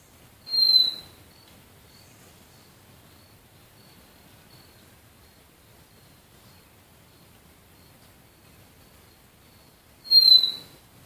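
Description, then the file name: Hooded antpitta giving two short, high, slightly falling whistles about nine seconds apart, with a faint steady high tone in the quiet gaps between them. "Grallaricula cucullata"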